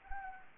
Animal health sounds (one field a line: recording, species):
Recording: mosquito wingbeat signal from an infrared sensor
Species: Anopheles arabiensis